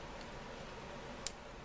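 A plastic button part is pressed further into the plastic body of a scale model vending machine, and a single sharp snap is heard at 1.3 seconds against a quiet background. The part is pushed fully home and seated.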